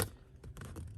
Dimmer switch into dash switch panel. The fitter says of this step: until you hear it click